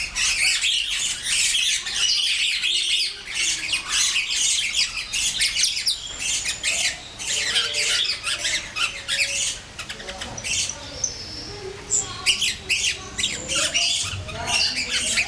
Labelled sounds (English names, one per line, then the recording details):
Grosbeak Starling
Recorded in captivity
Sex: group
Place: Zoo Berlin, Berlin, DE
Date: 1996-05-05 13:00
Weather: wolkig, 6-8°C
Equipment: Sony MD-WM MZ-R3, Sennheiser MKH 416 T, Kopie Uher 4000 Report Monitor
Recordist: Tembrock, Günter